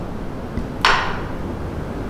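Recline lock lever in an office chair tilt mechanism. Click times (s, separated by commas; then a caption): 0.8 s. The recline lock lever in an ergonomic office chair's tilt mechanism is engaged, giving a single sharp click at 0.8 s. A faint tick comes just before it at about 0.6 s, over a low steady background. The recline lock is seated, and the chair stays locked even when stood up from.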